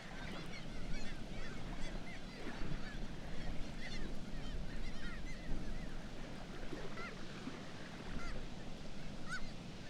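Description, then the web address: Black-legged kittiwakes calling together, overlapping cries in bursts, over a continuous low background roar. "Black legged kittiwake. صدای-پرنده-کاکایی-پاسیاه"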